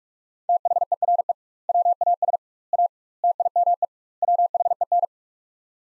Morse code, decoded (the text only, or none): THERE WAS A TIME WHEN